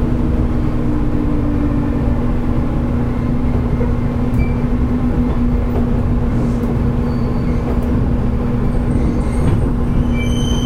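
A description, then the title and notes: A local electric train runs steadily from inside the car, with a dense low rumble, a constant motor hum, and faint high squeals. JR九州 811系 けやき台から鳥栖まで. JR九州 811系電車の走行音です。 鹿児島線の普通列車で録音しました。 It is running sound of JR Kyushu 811 series train. I recorded on a local train on the Kagoshima line.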